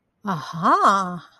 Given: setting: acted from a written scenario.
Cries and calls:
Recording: vocal sound without words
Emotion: realization

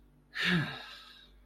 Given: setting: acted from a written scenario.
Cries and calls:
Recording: vocal sound without words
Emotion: relief

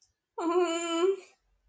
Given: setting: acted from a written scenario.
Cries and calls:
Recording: vocal sound without words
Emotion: awe

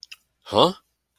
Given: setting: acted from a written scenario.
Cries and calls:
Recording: vocal sound without words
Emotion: confusion

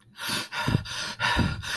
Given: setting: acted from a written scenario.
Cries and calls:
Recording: vocal sound without words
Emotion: distress

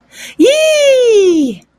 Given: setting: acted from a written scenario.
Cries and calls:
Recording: vocal sound without words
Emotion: elation

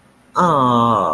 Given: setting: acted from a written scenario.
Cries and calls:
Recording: vocal sound without words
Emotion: serenity

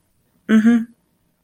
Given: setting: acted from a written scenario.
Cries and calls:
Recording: vocal sound without words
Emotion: neutral

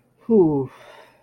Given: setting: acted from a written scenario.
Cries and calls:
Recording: vocal sound without words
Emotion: elation

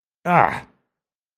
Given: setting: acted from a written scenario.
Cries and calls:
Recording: vocal sound without words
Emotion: pain

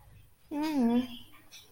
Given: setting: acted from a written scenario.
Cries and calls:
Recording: vocal sound without words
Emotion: neutral

